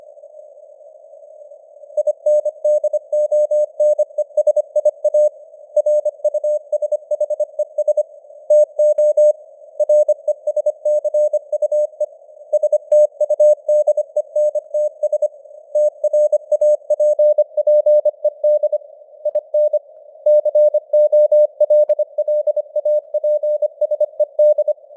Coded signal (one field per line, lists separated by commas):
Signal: Morse code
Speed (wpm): 25 wpm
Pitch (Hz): 600 Hz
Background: none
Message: INDONESIA RUSHES TO RESCUE STUDENTS TRAPPED IN COLLAPSED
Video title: Morse Code News | 2025-10-02 | 25wpm